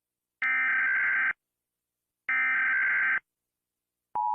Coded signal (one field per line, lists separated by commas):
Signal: Emergency Alert System (SAME) tones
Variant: header bursts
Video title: Gatitos reaccionan a EAS del mundo|| Alarmas del mundo con gatitos de fondo Parte 6 🐈